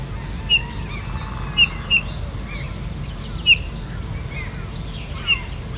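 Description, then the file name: Eurasian bullfinch calls: short soft whistled notes, given singly and irregularly, with other birds chirping in a busy background chorus. "Pyrrhula pyrrhula"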